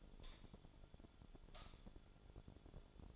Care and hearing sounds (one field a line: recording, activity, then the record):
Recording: daily activity, microphone in the room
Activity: light on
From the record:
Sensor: 5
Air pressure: 1009.9 hPa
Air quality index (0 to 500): 158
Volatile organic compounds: 4 ppm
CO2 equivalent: 1543 ppm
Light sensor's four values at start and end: 197/498/206/221 and 196/498/206/221